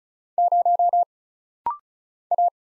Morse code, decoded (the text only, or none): 0 A